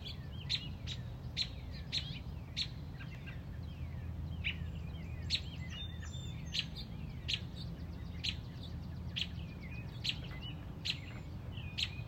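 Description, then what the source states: Robin uttering quick, piercing chips in a persistent series, over scattered thin whistles and low background noise. Mother robin on a front porch protecting a newly hatched chick.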